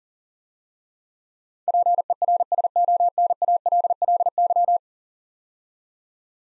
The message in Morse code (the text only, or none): PERSONALLY